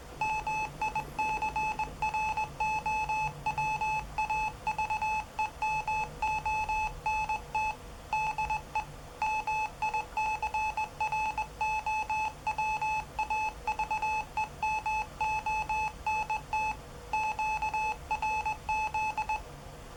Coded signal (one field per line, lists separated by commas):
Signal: Morse code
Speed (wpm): 18 wpm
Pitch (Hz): 860 Hz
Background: none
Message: MICROWAVEMONT DE MICROWAVEMONT QRZ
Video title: Single board Morse code decorder!